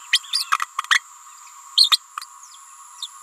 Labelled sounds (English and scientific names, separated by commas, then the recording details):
Green-rumped Parrotlet (Forpus passerinus) babbling
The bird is a female
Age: 28 days
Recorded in a nest box in Venezuela
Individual 17B31A3